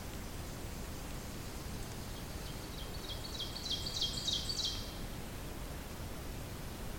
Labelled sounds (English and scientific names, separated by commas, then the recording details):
Ovenbird (Seiurus aurocapilla) song
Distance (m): 30 m
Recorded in boreal forest in Alberta, Canada, on 8 June 2016 at 08:43
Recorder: SongMeter 3, array SBT-3-9
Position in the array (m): 79 m, 71 m
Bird 34